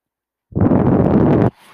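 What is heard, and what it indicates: A single one-second rushing, low-pitched whoosh of a home mechanical ventilator delivering a breath, then quiet.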